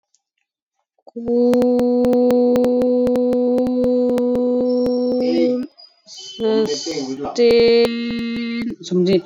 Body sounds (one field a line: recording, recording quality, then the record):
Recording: sustained vowel as in boot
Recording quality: moderate, slight background noise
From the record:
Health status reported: COVID-19 positive, no symptoms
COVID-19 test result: positive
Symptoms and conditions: cough, cold, fever, muscle pain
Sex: female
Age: 35 years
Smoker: no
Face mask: worn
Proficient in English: yes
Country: India